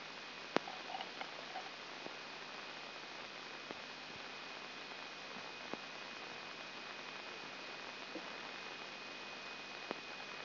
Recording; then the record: brain microelectrode recording played as sound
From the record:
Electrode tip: inside the subthalamic nucleus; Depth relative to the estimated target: 2 mm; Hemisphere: left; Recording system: AlphaMap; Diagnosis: Parkinson's disease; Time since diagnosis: 8 years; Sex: female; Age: 37 years